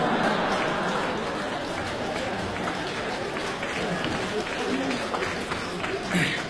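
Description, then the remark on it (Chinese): An audience applauds steadily after a comic bit imitating an old-time street vendor's cry, on the show Beijing Happy Time: a dense, even wash of many hands clapping at once, with a faint murmur of voices underneath. “鼓掌的家里都有138条腿裤子啊？”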